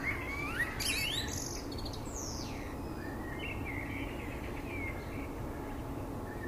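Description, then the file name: Common blackbird song phrase: a rising fluted whistle and high scratchy twitters early on, then fainter warbling notes over steady background hiss. "Turdus merula"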